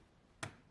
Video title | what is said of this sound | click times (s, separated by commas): Milsurp Rescue ~ Saving the M48 Mauser | once you hear the click you know that the first threads lined up | 0.4 s